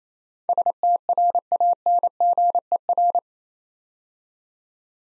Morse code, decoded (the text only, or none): STRANGER